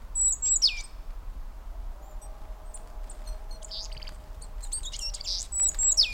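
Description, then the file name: Great tit calls: a thin, very high note dropping into a steep downward sweep, heard at the start and again near the end, with scattered faint chirps between and low background rumble. "Parus major"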